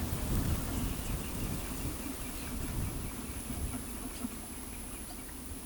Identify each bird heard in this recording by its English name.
none